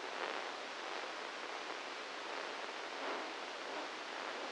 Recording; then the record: brain microelectrode recording played as sound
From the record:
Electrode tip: inside the subthalamic nucleus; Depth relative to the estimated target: -1 mm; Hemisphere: right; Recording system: NeuroSet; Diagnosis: Parkinson's disease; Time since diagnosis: 10 years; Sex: male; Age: 56 years